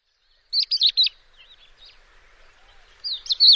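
Bird calls: a few quick high chirps, a softer warbled pause, then another burst of sharp twittering notes at the end.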